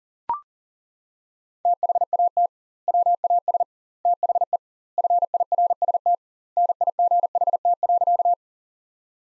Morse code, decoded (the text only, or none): THAT WAS THE FIRST NIGHT.